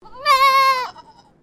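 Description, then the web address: Young goat giving a single drawn-out, wavering bleat, steady in pitch, lasting just over half a second before fading. Baby goat bleating. "Lynne Music 2 Goat-Baby-Goat-Bleat"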